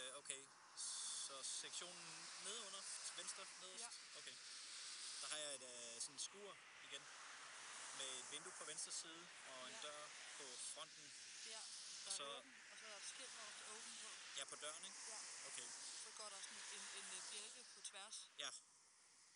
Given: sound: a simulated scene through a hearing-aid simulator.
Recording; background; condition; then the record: conversation; traffic; +4 dB SNR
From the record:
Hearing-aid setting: III (slow-acting compression, loudness normalization, advanced features for about 2.5 dB of SNR improvement); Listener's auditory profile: B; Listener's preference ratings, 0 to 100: 26, 46, 38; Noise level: 75 dB SPL